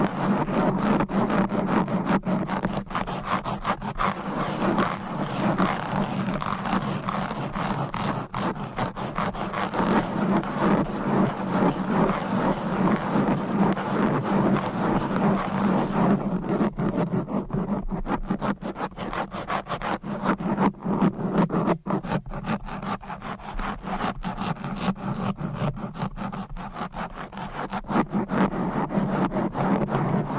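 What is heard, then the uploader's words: Fast, aggressive scratching on a microphone fills the whole half minute with dense, rough rasping that barely lets up. The strokes come in rapid bursts, loud and gritty with a low rumble underneath, and turn slightly duller after about sixteen seconds. ASMR Fast and Aggressive Mic Scratching.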